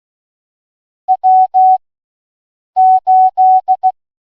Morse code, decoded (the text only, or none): W 8